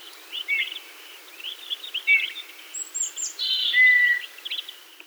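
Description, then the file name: Eurasian bullfinch giving soft, low, slightly falling piped whistles, mixed with a flat drawn-out whistle and busier chirps and trills from other birds. "Pyrrhula pyrrhula"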